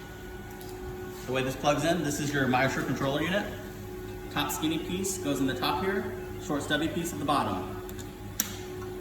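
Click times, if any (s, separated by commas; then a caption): 8.4 s. Someone talks while the tubing set for a MyoSure hysteroscopic tissue-removal system is pushed into the MyoSure controller unit, with the top skinny piece going in at the top and the short stubby piece at the bottom. A sharp click at 8.4 s marks the tubing cassette seating in the controller.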